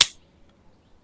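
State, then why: Released. A spring-loaded core biopsy needle, cocked to one click for the 1 cm setting, is fired, and its cutting needle releases with a single loud, sharp snap at 0.0 s. The snap fades quickly, leaving only faint ticks afterward, and the needle takes a 1 cm sample. No one talks in the clip.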